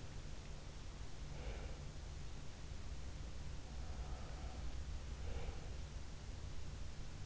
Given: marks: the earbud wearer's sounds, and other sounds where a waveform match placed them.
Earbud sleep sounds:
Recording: sounds in sleep by an in-ear microphone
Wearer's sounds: breath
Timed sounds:
0.81-1.94 s: breath
3.64-5.79 s: breath

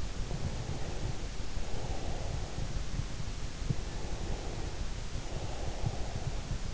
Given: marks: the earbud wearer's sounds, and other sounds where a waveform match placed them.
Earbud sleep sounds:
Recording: sounds in sleep by an in-ear microphone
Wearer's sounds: breath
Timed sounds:
0.15-2.85 s: breath
3.63-6.74 s: breath

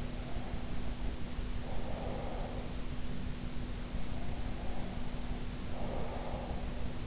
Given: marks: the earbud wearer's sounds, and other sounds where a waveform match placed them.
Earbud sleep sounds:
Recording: sounds in sleep by an in-ear microphone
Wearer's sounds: breath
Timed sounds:
0.04-2.78 s: breath
4.03-7.07 s: breath

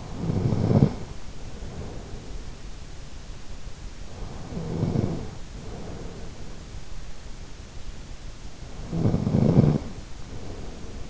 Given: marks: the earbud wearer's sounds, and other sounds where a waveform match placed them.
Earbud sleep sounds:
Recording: sounds in sleep by an in-ear microphone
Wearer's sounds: snoring breath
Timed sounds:
0.00-2.30 s: snoring breath
4.35-6.63 s: snoring breath
8.84-11.10 s: snoring breath

